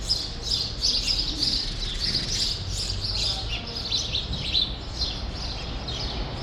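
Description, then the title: Sparrows chirping in a busy, overlapping chorus, short bright tweets tumbling over one another without pause, with a low steady rumble underneath. Sparrows in a small remaining part of a once large grove, Rue Saint-Jean Népomucène, Brussels, Belgium; recorded with an AB stereo microphone pair into a field recorder. "Rue Saint-Jean Népomucène 13, 1000 Bruxelles, Belgique - Sparrows - Moineaux"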